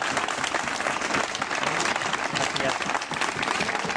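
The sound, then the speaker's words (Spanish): Sustained audience applause for Colombia, a dense steady wash of many hands clapping at a fairly loud, even level for the full few seconds, with no voices standing out. “Un aplauso para Colombia, por favor.”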